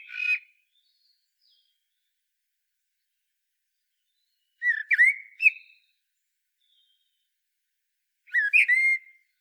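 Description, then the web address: Common blackbird: the tail of one phrase at the start, then two further fluty warbles with scratchy endings, spaced roughly four seconds apart in a quiet setting. "SETE data Turdus merula"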